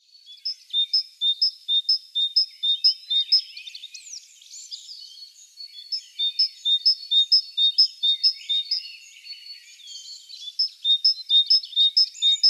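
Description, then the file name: Great tit giving rapid, evenly spaced two-note phrases, a mix of other thin twittering notes in the middle, then the repeated see-saw phrases return. "Parus major"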